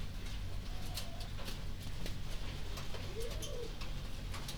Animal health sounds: poultry house recording; healthy chickens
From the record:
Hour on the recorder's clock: 21

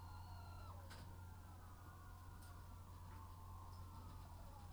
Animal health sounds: poultry house recording; healthy chickens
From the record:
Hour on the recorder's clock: 21

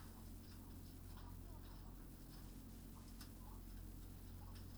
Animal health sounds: poultry house recording; healthy chickens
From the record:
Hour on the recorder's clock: 21

